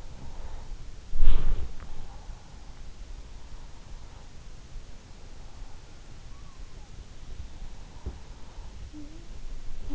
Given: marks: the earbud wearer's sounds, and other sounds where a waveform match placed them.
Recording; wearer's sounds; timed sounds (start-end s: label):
sounds in sleep by an in-ear microphone; body movement
0.00-2.42 s: body movement